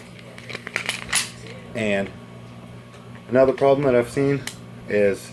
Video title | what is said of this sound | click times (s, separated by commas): Sccy cpx 2 disassembly and tip for fillling magazine. | it's going to slide right in until it snaps and that's done | 0.8 s